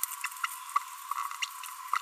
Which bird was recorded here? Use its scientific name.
Forpus passerinus